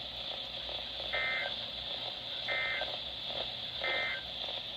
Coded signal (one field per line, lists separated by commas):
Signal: Emergency Alert System (SAME) tones